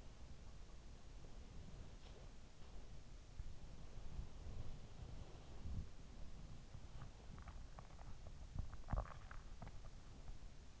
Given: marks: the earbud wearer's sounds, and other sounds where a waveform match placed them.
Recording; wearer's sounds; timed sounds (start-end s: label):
sounds in sleep by an in-ear microphone; body movement, swallowing
0.00-6.43 s: body movement
6.79-10.80 s: swallowing